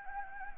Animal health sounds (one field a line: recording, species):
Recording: mosquito wingbeat signal from an infrared sensor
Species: Anopheles gambiae